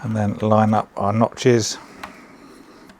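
Someone talks for about the first 1.7 seconds while the first G.Skill Trident Z DDR5 memory stick (a 5600 MHz CL36 kit) is lined up with the slot notch of the motherboard DIMM slot. The stick is pushed in and the latches snap shut with a sharp click at 2.0 s, followed by a fainter tick near 2.9 s. The stick is seated.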